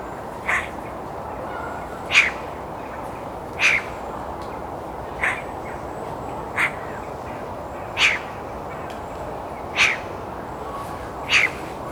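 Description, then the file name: Eurasian magpie with a series of eight harsh, raspy notes spaced about one and a half seconds apart over a constant low background rumble. "Pica pica"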